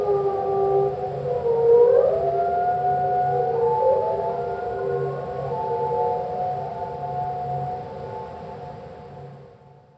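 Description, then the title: Humpback whale song: bending, swooping tones that rise and fall, then settle into a long held moan that fades out at the end, over a low pulsing hum. A single humpback whale, slowed down. "Slowed down solo whale"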